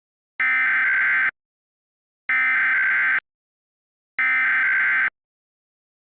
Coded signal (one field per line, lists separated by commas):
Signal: Emergency Alert System (SAME) tones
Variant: header bursts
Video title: EAS Mock 8: Minnesota RMT